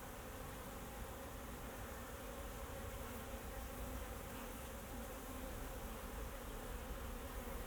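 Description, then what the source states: Bee buzzing as a continuous swarm-like drone, even in loudness from start to finish, over a constant low rumble. Bees flying around the recordist in Jacques Brelpark, Kersbeeklaan, Vorst, Belgium; train in background; recorded binaurally with a Sennheiser Ambeo binaural headset.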